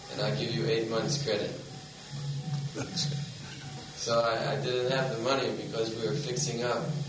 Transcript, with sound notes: and I'll give you eight months' credit."
Ācchā. [laughs]
So I didn't have the money because we were fixing up.